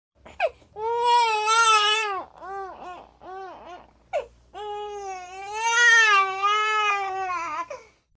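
A baby crying: long, high-pitched wails broken by shorter cries and quick gasping breaths in between.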